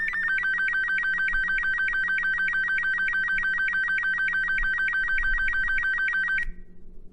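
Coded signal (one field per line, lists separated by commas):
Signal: none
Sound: a telephone ringing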